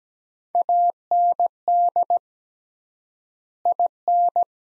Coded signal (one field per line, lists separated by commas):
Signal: Morse code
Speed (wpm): 17 wpm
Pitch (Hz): 700 Hz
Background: none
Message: AND IN